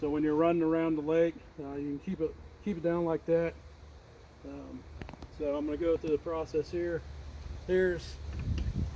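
Someone talks over a low background rumble while handling a pivoting boat-mounted device arm, starting from its stowed position, to raise it toward its upright locked position on a boat mount base. Brief handling knocks come near 8.4 and 8.6 seconds, but the arm has not yet locked in place at the top; nothing has seated or clicked yet.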